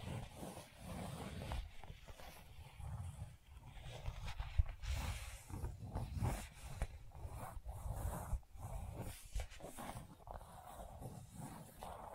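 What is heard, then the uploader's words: Gentle scratching sounds in a steady, uneven stream of soft rasps and low rustles, with brief pauses and a sharper tick near four seconds. Gentle Scratching.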